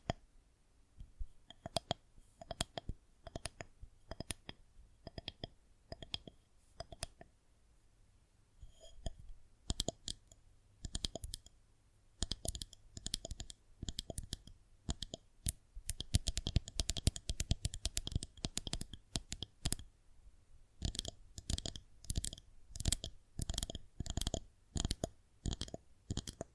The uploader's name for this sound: Tingly Sound Assortment